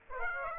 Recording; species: mosquito wingbeat signal from an infrared sensor; Aedes aegypti